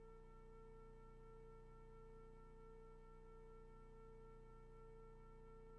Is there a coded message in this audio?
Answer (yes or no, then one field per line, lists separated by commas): no